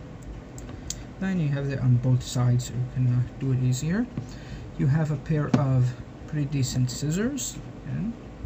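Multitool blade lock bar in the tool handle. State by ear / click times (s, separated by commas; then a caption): released / 0.9 s. A lock bar in a multitool's handle is pulled back to release the locked blade so it can fold closed. A sharp metallic click comes at 0.9 s, after a few faint ticks. Someone then talks over the rest of the clip.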